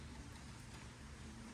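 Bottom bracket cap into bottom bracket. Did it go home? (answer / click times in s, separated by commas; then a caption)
no / none. A threaded bottom bracket cap is being turned by hand into the bottom bracket of an Ozark Trail FS 2 Slalom bike, backwards-threaded to find the thread start. Only a steady, even wash of broadband noise with a low hum is heard. Nothing has clicked or seated yet.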